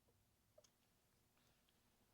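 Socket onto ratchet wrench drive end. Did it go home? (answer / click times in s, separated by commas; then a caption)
no / none. A VIM Tools 1/4in dual drive socket is handled at the ratchet end of its matching wrench, making a few faint small ticks over a low steady background. Nothing has seated or clicked yet; the socket is not yet locked onto the wrench.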